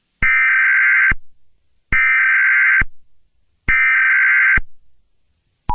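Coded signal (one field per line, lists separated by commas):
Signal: Emergency Alert System (SAME) tones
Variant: header bursts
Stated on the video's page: Fictional EAS scenario using a text-to-speech app.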